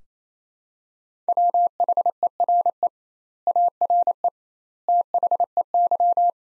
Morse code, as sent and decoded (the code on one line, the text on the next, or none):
.-- .... . .-. . / .- .-. . / - .... . -.--
WHERE ARE THEY